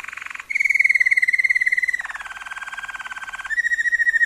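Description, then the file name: Waterslager canary song switching between buzzy rattles and smooth rolling trills. Song variations of a Waterslager canary. "kenari waterslager variasi omkicau"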